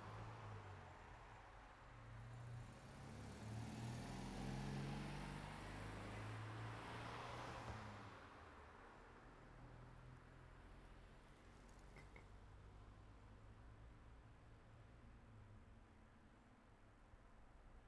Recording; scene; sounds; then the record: everyday scene through a hearing-aid microphone; in traffic; traffic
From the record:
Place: city secondary road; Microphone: behind the ear, right, rear